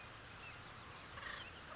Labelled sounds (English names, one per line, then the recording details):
Acorn Woodpecker
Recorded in Sonoma County, California